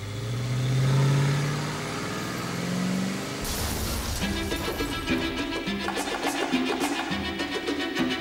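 A car engine revs with a low, rising growl as it pulls away in New York, then gives way to a loud, busy burst of rattling, clattering road noise that continues to the end.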